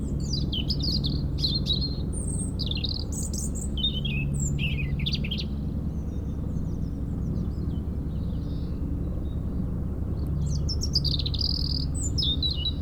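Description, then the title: European robin song in rapid bursts of high, tinkling notes with varied pitch, then a pause and another burst, against a constant deep rotor rumble. Singing in a hedge near Lac du Bourget, France, during helicopter lift work on a cliff, sound echoing off the mountain; Zoom H4n Pro placed vertically on the ground. "4 Chem. de la Pointe Forestier, Brison-Saint-Innocent, France - Duo rouge-gorge hélicoptère"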